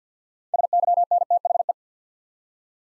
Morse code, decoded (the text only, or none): SYNTHE